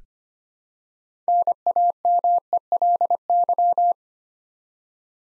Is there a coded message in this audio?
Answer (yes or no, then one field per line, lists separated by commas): yes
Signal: Morse code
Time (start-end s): 1.3-3.9 s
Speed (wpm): 26 wpm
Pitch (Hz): 700 Hz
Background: none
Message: NAMELY